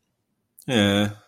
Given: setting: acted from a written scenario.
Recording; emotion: vocal sound without words; neutral